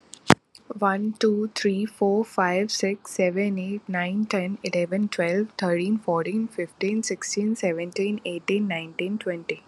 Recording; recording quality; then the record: counting at a normal pace; excellent, no background noise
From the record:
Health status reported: COVID-19 positive, no symptoms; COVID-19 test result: positive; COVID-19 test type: RT-PCR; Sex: female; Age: 25 years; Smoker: no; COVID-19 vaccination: both doses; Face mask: not worn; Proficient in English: yes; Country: India